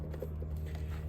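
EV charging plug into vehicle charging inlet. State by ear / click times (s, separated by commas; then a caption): seated / 0.1 s, 0.2 s. A Siemens US2 VersiCharge Universal (VC30GRYU) J1772 charging plug on its 20-foot cord is pushed into a vehicle's charging port, giving sharp clicks at 0.1 s and 0.2 s over a steady low hum. The plug latches with a positive click, and the charger's green light then comes on to show the vehicle is charging.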